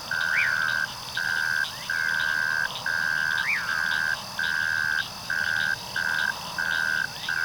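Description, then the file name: Cricket song: a steady, pure trill broken into bursts of roughly half a second to a second with short gaps, a few brief rising-and-falling whistled sweeps, and a constant high insect hum behind. "Unknown Cricket VOL 11-09 Dudley T Dougherty Natural Sounds Collection"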